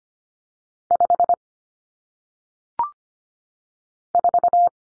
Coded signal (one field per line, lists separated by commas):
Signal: Morse code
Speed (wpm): 25 wpm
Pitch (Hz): 700 Hz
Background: none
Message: 5 4